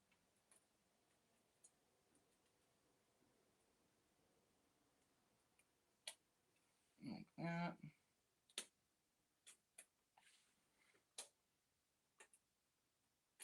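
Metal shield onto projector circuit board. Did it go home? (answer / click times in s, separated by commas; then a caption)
yes / 8.6 s, 9.8 s, 11.2 s. A metal shield is lined up over the circuit board of an Epson Home Cinema 2030 projector and pressed down so its small snap tabs engage, while someone talks. Sharp little clicks ring out at 8.6, 9.8 and 11.2 seconds as the tabs snap down, and the shield is seated on the board.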